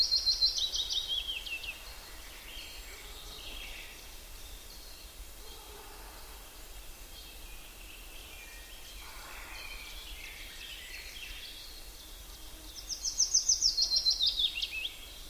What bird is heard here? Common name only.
Willow Warbler